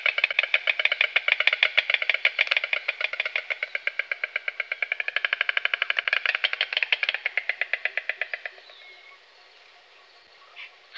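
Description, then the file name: White stork bill clattering: a rapid, dry wooden rattle of sharp clicks running about eight seconds, gradually fading, then near silence with a couple of faint knocks. Europe. "Golosa ptic Evropy - Aist belyj"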